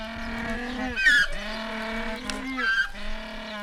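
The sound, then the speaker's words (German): A penguin gives donkey-like braying calls: long, steady, buzzy harmonic honks broken by two short, rasping gasps, the pattern repeating twice with no talking. “Aber ihr sogenannter Gesang tönt manchmal eher wie eine Schiffssirene oder meinetwegen wie die IA-Rufe eines Esels.”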